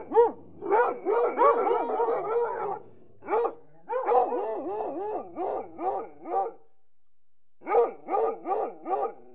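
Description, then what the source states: Hunting hounds bark and bay in quick overlapping bursts, several dogs at once, pausing briefly before a final run of rhythmic barks. Several hunting hounds growling and barking.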